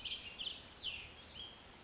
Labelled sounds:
Cassin's Vireo
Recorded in Sonoma County, California

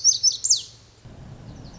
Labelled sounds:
Lazuli Bunting
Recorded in Sonoma County, California

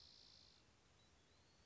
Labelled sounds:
Spotted Towhee
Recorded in Sonoma County, California

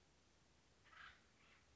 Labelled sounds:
Acorn Woodpecker
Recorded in Sonoma County, California

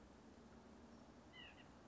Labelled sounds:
White-breasted Nuthatch
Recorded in Sonoma County, California

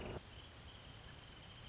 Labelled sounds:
Wrentit
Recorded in Sonoma County, California

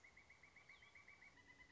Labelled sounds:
Pileated Woodpecker
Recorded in Sonoma County, California

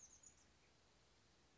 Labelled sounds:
Chestnut-backed Chickadee
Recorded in Sonoma County, California

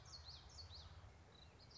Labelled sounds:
Common Yellowthroat
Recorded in Sonoma County, California

